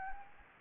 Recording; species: mosquito wingbeat signal from an infrared sensor; Anopheles gambiae